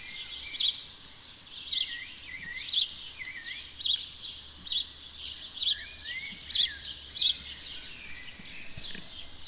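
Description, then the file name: House sparrow chirping steadily, a bright note every second or so, with faint sliding whistles beneath a light hiss. "Passer domesticus"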